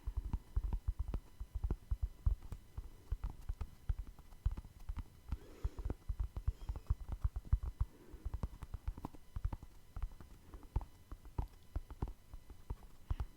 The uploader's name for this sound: Tapping No Talking